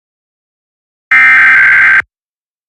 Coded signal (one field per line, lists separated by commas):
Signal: Emergency Alert System (SAME) tones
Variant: header bursts